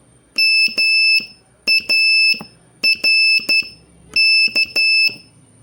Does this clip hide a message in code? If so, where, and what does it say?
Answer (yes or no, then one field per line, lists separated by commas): yes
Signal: Morse code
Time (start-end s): 0.4-5.1 s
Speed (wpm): 11 wpm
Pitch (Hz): 2650 Hz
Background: none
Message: MARK